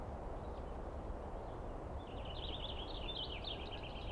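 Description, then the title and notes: Douglas squirrel breaking into a fast, wavering, buzzy chatter halfway through, continuing to the end over a steady low rumble. Squirrel screaming at length at dawn on 21 April 2017 in the East Cascades, recorded on microphones and recorder; identified by sound, not seen well. "On the morning of 21 April, 2017, I set up my microphones and recorder for a nice dawn recording in the East Cascades. I was started awake by a screaming Douglas Pine Squirrel."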